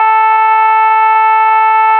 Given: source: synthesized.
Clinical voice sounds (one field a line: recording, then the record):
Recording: sustained vowel /a/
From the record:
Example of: shimmer, setting 10